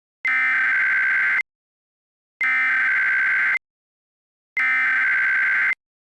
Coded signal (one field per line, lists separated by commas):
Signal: Emergency Alert System (SAME) tones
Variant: header bursts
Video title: eas mock, we all gon be safe!